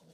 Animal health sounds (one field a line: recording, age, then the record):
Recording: pig call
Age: piglet (1 to 25 days)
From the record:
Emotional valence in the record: positive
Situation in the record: reunion after long isolation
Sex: male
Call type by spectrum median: low-frequency call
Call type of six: low-frequency tonal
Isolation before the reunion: 8 minutes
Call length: 0.13 s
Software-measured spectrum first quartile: 269 Hz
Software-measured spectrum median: 660 Hz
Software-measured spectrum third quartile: 4158 Hz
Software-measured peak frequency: 174 Hz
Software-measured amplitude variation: 53 dB a second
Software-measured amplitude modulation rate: 15.3 a second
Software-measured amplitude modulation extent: 3.5 dB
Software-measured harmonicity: 1.2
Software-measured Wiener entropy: -2.83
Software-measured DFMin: 1053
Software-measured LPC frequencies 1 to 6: 498, 3516, 4467, 5585, 6015, 7886 Hz